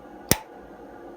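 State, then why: Seated. A metal bobbin case holding its thread is pushed into the rotary hook of a Redline embroidery machine. It snaps into place with one sharp, bright click at 0.3 s, and after that only faint background noise is heard. The bobbin case is seated.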